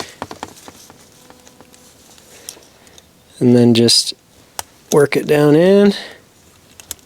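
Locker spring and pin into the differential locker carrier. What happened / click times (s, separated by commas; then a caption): The spring and pin are still being worked in; nothing has seated yet / none. The spring and pin assembly of a Willys Jeep Dana 30 front axle locker is worked down by hand into its bore in the differential locker carrier, next to the ring gear. Small, sharp handling ticks are heard near the start, at 2.5 s and near the end, and someone talks in the middle. Nothing has seated or snapped into place yet.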